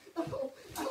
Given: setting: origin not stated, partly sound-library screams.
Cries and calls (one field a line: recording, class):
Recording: one-second piece from a danger detection set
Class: woman in danger